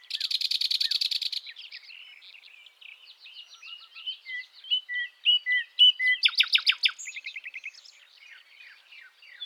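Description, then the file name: Common nightingale song opening with a harsh buzzing rattle, followed by quiet twittering, slurred notes building into loud rapid repeated notes, then softer chatter. "Luscinia megarhynchos"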